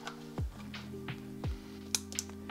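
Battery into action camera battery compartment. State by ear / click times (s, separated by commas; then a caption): seated / 1.9 s. A battery is reinserted into an action camera's battery compartment with its arrow pointing up toward the lens and pushed home, over background music. A sharp, loud click at 1.9 s shows the battery has clicked into place, followed by two faint ticks around 2.1–2.2 s.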